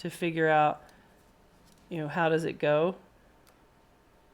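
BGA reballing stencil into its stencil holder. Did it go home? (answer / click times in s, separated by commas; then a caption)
yes / 3.5 s. Someone talks while a BGA reballing stencil is flipped around and pressed into its stencil holder. After the speech, a short, sharp click at 3.5 s marks the stencil snapping into place, seated in the holder.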